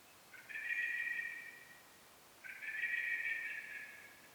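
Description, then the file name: Common blackbird calls: two drawn-out, even, slightly buzzy notes, each over a second long, separated by a short pause. "Turdus merula"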